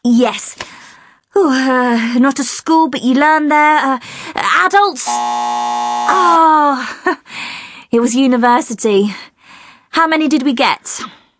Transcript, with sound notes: Yes. Not a school but you learn there – adults……… {buzzer sounds} Agghhh. It was university. How many did we get?